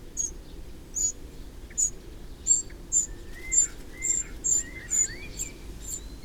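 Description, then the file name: Eurasian wren ticking repeatedly, sharp high notes about twice a second, over another bird's rising whistled phrases and a low hum. "Troglodytes troglodytes"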